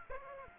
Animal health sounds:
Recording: mosquito wingbeat signal from an infrared sensor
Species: Aedes aegypti

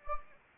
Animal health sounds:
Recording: mosquito wingbeat signal from an infrared sensor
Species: Anopheles arabiensis

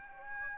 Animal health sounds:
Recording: mosquito wingbeat signal from an infrared sensor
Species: Aedes aegypti

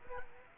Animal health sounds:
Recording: mosquito wingbeat signal from an infrared sensor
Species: Aedes aegypti

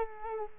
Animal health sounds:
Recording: mosquito wingbeat signal from an infrared sensor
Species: Culex quinquefasciatus

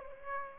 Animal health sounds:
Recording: mosquito wingbeat signal from an infrared sensor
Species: Aedes aegypti

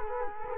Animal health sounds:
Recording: mosquito wingbeat signal from an infrared sensor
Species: Culex quinquefasciatus

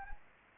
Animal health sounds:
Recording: mosquito wingbeat signal from an infrared sensor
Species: Anopheles arabiensis

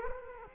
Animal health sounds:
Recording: mosquito wingbeat signal from an infrared sensor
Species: Culex quinquefasciatus

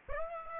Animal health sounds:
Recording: mosquito wingbeat signal from an infrared sensor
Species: Aedes aegypti

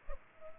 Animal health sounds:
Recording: mosquito wingbeat signal from an infrared sensor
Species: Culex pipiens

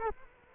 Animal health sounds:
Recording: mosquito wingbeat signal from an infrared sensor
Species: Culex quinquefasciatus

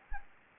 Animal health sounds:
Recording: mosquito wingbeat signal from an infrared sensor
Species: Anopheles gambiae

